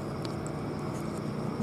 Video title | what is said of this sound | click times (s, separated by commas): COSTCO GOODYEAR HYBRID WINDSHIELD WIPERS PIN MOUNT REVIEW INSTALLATION GUIDE | it snap in place no it did in the snap in place it only went in on one side so | 0.2 s